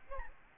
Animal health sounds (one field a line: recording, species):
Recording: mosquito wingbeat signal from an infrared sensor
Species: Aedes albopictus